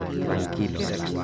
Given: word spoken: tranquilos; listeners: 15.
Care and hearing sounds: one Spanish word in noise, from a listening test; eight-talker babble; -2.4 dB; 4 of 15; 8 of 15; 0.84 s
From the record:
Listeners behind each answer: 8, 4, 1, 1, 1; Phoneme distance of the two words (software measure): 21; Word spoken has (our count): 3 syllables, 9 phonemes, stress on syllable 2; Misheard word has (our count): 2 syllables, 5 phonemes, stress on syllable 1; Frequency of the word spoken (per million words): 8.08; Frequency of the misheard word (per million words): 28.60

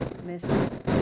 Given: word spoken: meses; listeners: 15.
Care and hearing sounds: one Spanish word in noise, from a listening test; noise modulated by one talker; -11.7 dB; 1 of 15; 11 of 15; 0.62 s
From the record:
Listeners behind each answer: 11, 1, 1, 1, 1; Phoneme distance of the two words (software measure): 10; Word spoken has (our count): 2 syllables, 5 phonemes, stress on syllable 1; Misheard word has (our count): 2 syllables, 5 phonemes, stress on syllable 1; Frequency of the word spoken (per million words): 273.01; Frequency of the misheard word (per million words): 21.95

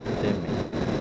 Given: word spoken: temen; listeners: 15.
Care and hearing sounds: one Spanish word in noise, from a listening test; noise modulated by three-talker babble; -3.9 dB; 1 of 15; 7 of 15; 0.61 s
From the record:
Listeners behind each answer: 7, 1, 1, 1, 1, 1, 1, 1, 1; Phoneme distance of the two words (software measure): 7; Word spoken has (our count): 2 syllables, 5 phonemes, stress on syllable 1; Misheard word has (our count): 2 syllables, 4 phonemes, stress on syllable 1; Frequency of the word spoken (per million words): 8.69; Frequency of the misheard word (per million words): 12.18

